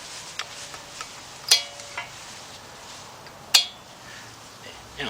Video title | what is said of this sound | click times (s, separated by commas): Ascender Ranier Trailblazer Envoy Bravada Upper And Lower Control Arms Replacement. Part 1 | now it's down there now it's locked into place right | 3.5 s